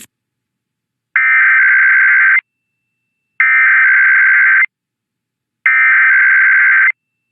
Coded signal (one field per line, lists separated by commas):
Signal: Emergency Alert System (SAME) tones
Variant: header bursts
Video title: Monday IPAWS Tests (EAS #648-654) 8/26/24